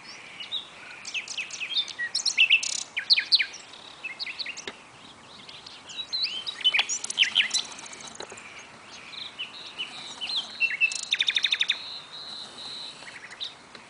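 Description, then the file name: Common nightingale singing varied phrases of quick chirps and slurred whistles, with a fast rattling trill near the end. "Luscinia megarhynchos"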